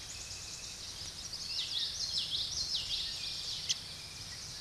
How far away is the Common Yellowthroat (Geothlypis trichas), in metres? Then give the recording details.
about 25 m. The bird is about 5 m above the microphone. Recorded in a Pennsylvania forest on 16 May 2024 at 06:37. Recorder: AudioMoth, point MSD-2320. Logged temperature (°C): 12.8 °C. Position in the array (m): 232 m, 176 m